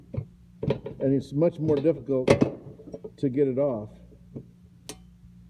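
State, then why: Seated. Someone talks while a bow pole (shark fin) for a 1959 Century Resorter is slid onto its mounting bracket on the boat deck, after a screw has been taken all the way out so the bracket's bottom plate sits flat. At 4.9 s a sharp click is heard as the spring ball detent drops into its small indentation in the bracket. The pole is seated.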